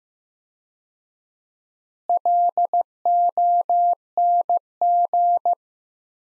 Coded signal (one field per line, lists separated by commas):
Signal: Morse code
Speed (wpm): 15 wpm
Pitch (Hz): 700 Hz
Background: none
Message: LONG